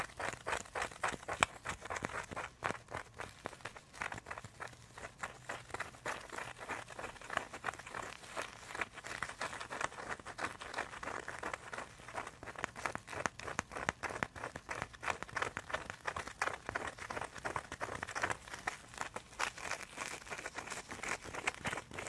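Tapping and scratching on icy, frozen surfaces runs continuously for the whole clip. Quick, dense clicks and crisp scrapes come in irregular bursts with short gaps, bright and brittle, over a faint low hum.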